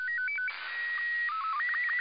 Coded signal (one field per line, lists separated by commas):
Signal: SSTV (slow-scan television)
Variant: Robot 36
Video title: September 22nd, 2019 - Voice Repeater (SSTV) RX Only Lapan IO-86